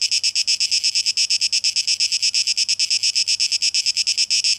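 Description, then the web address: Cicada song, a run of evenly spaced rasping pulses over a quiet low hum. Cicadas recorded on 12 August 2023. "rauschpartikel Audio 2023-08-12 Zikaden"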